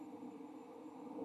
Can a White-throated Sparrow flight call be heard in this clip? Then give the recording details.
no. No flight call is heard. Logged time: 04:29 on 29 November 2014